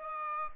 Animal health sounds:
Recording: mosquito wingbeat signal from an infrared sensor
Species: Aedes aegypti

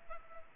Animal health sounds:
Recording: mosquito wingbeat signal from an infrared sensor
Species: Culex pipiens

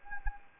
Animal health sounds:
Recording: mosquito wingbeat signal from an infrared sensor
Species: Anopheles arabiensis

